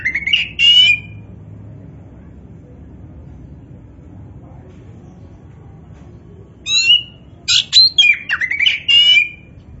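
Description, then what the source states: Oriental magpie-robin song in two bursts, rich whistled and buzzy phrases at the start and again near the end, with a quiet pause between. Indonesian name kacer poci; described as gacor, singing actively.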